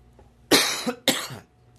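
Two harsh coughs in quick succession from an adult indoors, a lingering cough after a cold caught towards the end of January.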